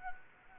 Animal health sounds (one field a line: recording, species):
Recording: mosquito wingbeat signal from an infrared sensor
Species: Anopheles gambiae